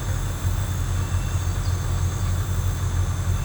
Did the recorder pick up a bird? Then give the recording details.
no. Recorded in pastures near Puerto Asís, Putumayo, Colombia, on 20 December 2024 at 11:00. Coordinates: 0.466, -76.322. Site G040